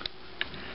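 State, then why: Seated. After the board is screwed down, a small ribbon flex connector is gently popped back into its socket on a Kindle tablet motherboard. Two short, sharp ticks sound at 0.1 s and 0.4 s over a quiet background, and the connector is seated.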